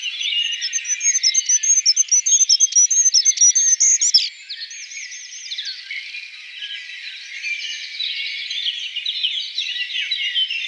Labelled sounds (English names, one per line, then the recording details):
Goldcrest song
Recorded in the wild
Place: Kandel /Schwarzwald; Gemeinde Waldkirch, Baden-Württemberg, DE
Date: 1977-06-12
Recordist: Schwarz, Dieter
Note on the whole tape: Song